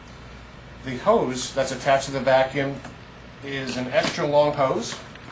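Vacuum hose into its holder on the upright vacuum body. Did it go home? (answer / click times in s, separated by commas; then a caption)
no / none. The extra-long hose of a Miele S7 upright vacuum cleaner is handled on its way to its holder, the parked position on the vacuum body that stabilizes the vacuum so it won't tip over while attachments are in use. Someone talks throughout, with quiet room tone in the pauses. Nothing has seated or clicked yet by the end of the clip.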